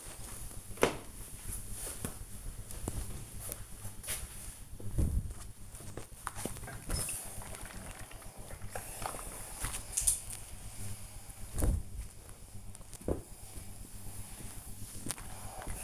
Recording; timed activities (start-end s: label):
household activities, microphone on the right wrist
0.00-15.84 s: ironing laundry